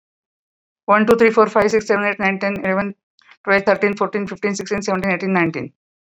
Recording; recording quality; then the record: counting at a normal pace; excellent, no background noise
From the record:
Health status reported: COVID-19 positive, no symptoms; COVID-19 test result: positive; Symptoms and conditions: none ticked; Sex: female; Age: 59 years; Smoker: not ticked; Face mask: not worn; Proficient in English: no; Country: India